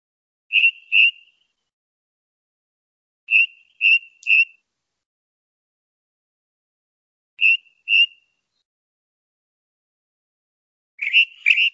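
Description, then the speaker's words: Ring Ouzel song: short phrases of two or three clear, piping notes, each phrase followed by a pause of a few seconds. Male's song; the species is described as a migrant. "Mirlo capiblanco, canto del macho."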